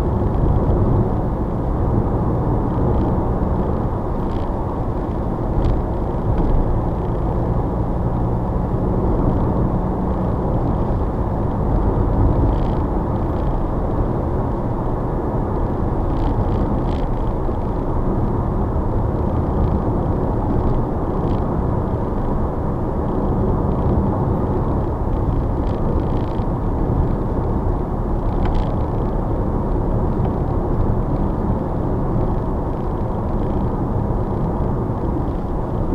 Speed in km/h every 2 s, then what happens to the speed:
64, 72, 69, 72, 74, 77, 79, 79, 72, 71, 71, 71, 69, 68, 66, 66, 68, 66.
0-2 speeds up to 72. 5-11 speeds up to 79. 13-15 brakes to 72. 15-36 steady at about 68.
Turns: none.